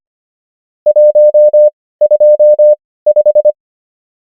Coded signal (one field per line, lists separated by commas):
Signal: Morse code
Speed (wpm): 25 wpm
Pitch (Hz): 600 Hz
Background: none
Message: 125